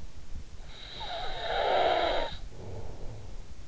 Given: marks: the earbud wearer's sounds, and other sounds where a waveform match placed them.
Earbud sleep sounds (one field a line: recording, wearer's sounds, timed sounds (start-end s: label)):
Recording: sounds in sleep by an in-ear microphone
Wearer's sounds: snoring breath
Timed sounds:
0.31-3.68 s: snoring breath